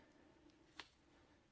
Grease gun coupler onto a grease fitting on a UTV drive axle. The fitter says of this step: till we hear that click,